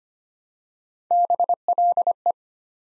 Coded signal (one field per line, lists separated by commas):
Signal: Morse code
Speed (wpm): 25 wpm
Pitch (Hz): 700 Hz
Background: none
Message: BLE